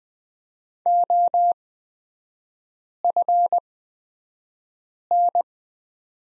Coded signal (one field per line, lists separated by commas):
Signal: Morse code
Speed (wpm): 20 wpm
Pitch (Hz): 700 Hz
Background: none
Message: OFN